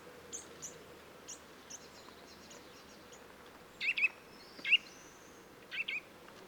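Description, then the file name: Eurasian nuthatch calls, short sharp rising notes in pairs and single bursts near the end, faint high ticks earlier, over a steady background hiss. "Sitta europaea"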